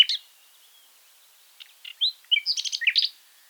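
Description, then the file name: Common nightingale giving short bursts of varied high chirps and whistled notes, with quiet gaps and a quick rattling flurry near the end. "Luscinia megarhynchos"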